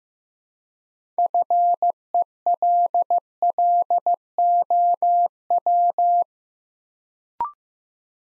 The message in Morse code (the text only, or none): FELLOW